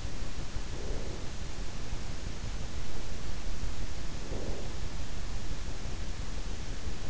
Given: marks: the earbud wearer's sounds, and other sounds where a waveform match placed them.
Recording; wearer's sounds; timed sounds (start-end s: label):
sounds in sleep by an in-ear microphone; breath
0.46-1.57 s: breath
3.91-5.02 s: breath